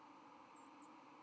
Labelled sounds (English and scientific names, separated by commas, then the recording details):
White-throated Sparrow (Zonotrichia albicollis) flight call
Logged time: 05:21 on 31 October 2014